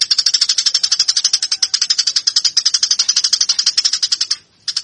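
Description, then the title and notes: Eurasian tree sparrow giving a dense, rapid chatter of harsh chirps that stops briefly near the end, then resumes. Fighting call used as master training audio for cage birds. "MASTER GEREJA TARUNG 1. burung gereja"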